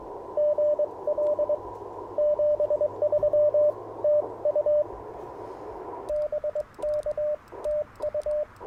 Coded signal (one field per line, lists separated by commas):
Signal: Morse code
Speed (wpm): 22 wpm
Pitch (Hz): 600 Hz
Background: radio noise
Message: GL 73 TU BK TU